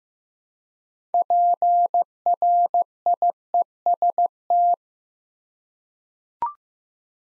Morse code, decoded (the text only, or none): PRIEST